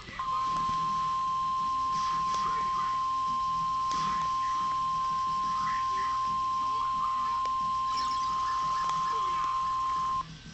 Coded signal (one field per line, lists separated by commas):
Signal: Emergency Alert System (SAME) tones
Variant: 1050 Hz attention tone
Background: speech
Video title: EAS #0 Required Weekly Test #1 8/12/15